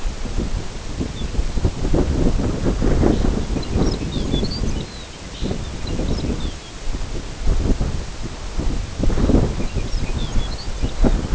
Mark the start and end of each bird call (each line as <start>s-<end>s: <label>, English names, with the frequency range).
1.06s-1.40s: Lapland Longspur (2.4-4.0 kHz)
3.02s-6.74s: Lapland Longspur (1.8-6.9 kHz)
9.10s-11.22s: Lapland Longspur (2.1-7.0 kHz)